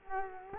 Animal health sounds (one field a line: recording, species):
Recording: mosquito wingbeat signal from an infrared sensor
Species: Culex quinquefasciatus